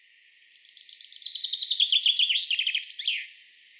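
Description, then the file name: Common chaffinch song: a rapid series of high chirps that drops in pitch, closing with a short flourish, lasting about two and a half seconds. "Fringilla coelebs"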